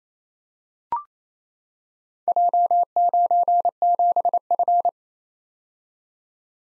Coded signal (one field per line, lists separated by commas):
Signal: Morse code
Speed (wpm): 28 wpm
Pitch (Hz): 700 Hz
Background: none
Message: J97F